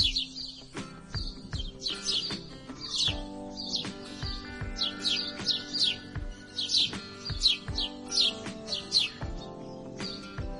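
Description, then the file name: Grey-headed sparrow chirping song, many bright chirps in irregular bursts, over steady humming tones and frequent low thumping clicks. "canto do pardal de cabeca cinzenta"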